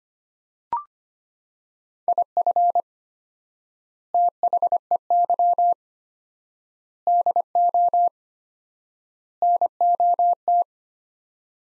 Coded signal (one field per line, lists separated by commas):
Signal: Morse code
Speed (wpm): 25 wpm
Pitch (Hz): 700 Hz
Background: none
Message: IF THEY DO NOT